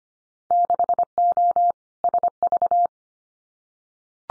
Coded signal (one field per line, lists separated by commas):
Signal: Morse code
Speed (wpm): 25 wpm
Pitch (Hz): 700 Hz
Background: none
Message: 6O SV